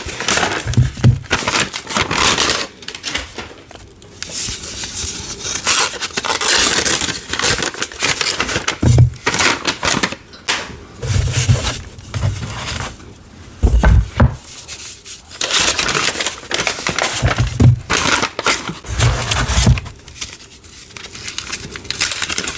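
Loud crinkling and tearing of paper as chalk blocks are unwrapped, in dense bursts with brief quiet gaps and occasional crushing thumps.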